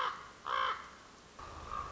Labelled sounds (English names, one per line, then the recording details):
Common Raven
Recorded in Sonoma County, California